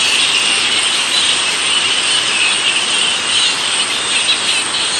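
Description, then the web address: Straw-coloured fruit bats, many animals squeaking at once in a steady, shrill, rushing chorus without pauses. "earth naturelibrary assets s st straw-coloured fruit bat"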